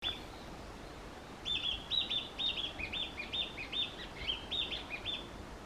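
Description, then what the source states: Narcissus flycatcher singing a long, fast string of repeated whistled notes, varied in pitch and chattering along for about four seconds after a quiet opening. Recorded 11 May 2023.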